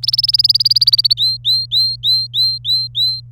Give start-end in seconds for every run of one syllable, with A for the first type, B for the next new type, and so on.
0.03-1.13 A, 1.17-3.21 B